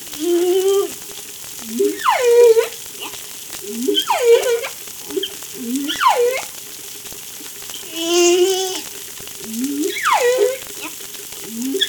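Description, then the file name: Humpback whale song: low tonal moans, short rising swoops and harmonic-rich downward-sweeping cries recurring throughout over steady crackling. Recorded off La Réunion on 3 July 2013. "Humpback Darewin La Reunion Jul 03 2013"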